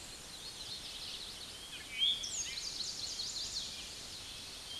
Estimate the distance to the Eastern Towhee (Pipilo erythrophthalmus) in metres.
about 20 m